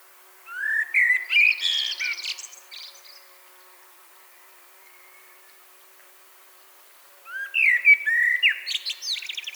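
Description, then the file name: Common blackbird song: two rich, fluted warbling phrases separated by a long pause, the first ending in thin, high-pitched twittering. "Turdus merula"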